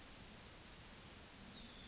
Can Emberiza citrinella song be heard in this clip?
yes